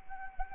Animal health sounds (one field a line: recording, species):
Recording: mosquito wingbeat signal from an infrared sensor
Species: Anopheles arabiensis